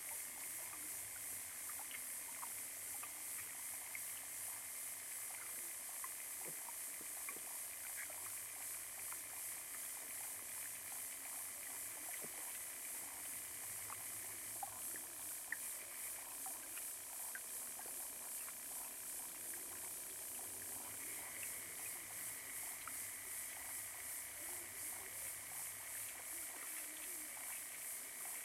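Hydrophone recording in a small pond: a steady bright hiss with dense scattered clicks and ticks, a faint high tone, and low rumbling.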